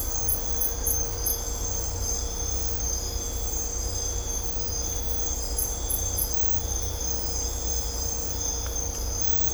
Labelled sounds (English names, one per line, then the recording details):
none
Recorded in dense forest near Puerto Asís, Putumayo, Colombia, on 16 December 2024 at 05:00
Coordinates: 0.503, -76.323
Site G043